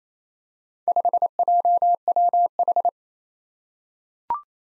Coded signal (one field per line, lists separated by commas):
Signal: Morse code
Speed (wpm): 27 wpm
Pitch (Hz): 700 Hz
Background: none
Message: 5JWH